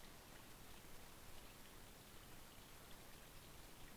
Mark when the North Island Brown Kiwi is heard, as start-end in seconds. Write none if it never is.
none